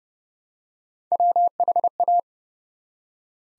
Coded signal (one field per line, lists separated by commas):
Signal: Morse code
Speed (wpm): 29 wpm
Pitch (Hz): 700 Hz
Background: none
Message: WHA